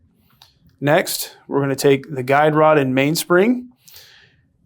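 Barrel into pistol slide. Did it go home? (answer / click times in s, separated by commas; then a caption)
yes / 0.4 s. During reassembly of a CSX pistol, the barrel is fitted into the slide, and a short metallic click at 0.4 s marks it locking into place, seated. A quieter tick follows at 0.7 s, then someone talks.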